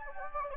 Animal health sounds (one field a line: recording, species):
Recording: mosquito wingbeat signal from an infrared sensor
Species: Anopheles gambiae